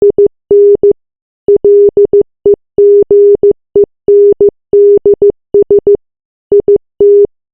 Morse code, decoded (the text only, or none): IN LEGENDS IT